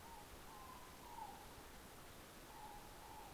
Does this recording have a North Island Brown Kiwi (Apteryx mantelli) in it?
no